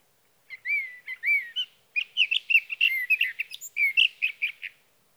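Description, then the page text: Sage thrasher song starting with two looping whistled notes, then a long, quick jumble of warbled and scratchy phrases. Male singing through the night near his night roost, Sierra Valley, California, June 12–15, 2018, evening to morning; recorded with a Swift recorder. "Sage thrasher songs, through the night. For three nights, from the evening of June 12 to the morning of June 15, 2018, in Sierra Valley, California, I placed a Swift recorder near a male's night roost."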